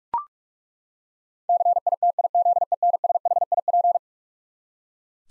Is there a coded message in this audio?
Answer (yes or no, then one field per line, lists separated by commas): yes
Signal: Morse code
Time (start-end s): 1.5-4.0 s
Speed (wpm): 41 wpm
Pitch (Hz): 700 Hz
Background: none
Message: CITIZENSHIP